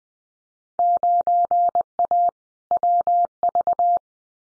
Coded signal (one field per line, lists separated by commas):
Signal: Morse code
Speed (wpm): 20 wpm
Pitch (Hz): 700 Hz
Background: none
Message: 9A WV